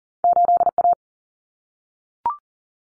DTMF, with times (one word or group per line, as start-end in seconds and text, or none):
none